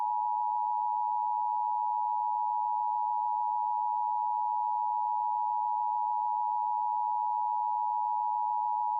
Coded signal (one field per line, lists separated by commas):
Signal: Emergency Alert System (SAME) tones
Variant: 853 and 960 Hz attention tone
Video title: EAS Scenario - What If? (1983)